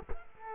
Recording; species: mosquito wingbeat signal from an infrared sensor; Culex quinquefasciatus